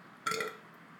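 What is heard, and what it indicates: A single short burp (eructation) from an adult, who is said to burp about every 20 minutes.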